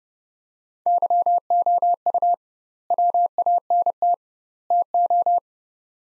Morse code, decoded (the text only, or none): YOU WANT TO